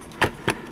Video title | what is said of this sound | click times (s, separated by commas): Cheetah 4x4 Diff Rebuild - RC Stunt Truck Repair [How to] - Netcruzer RC | There we go. Falls into place. All right, there. I just heard it click down into place. | 0.2 s, 0.5 s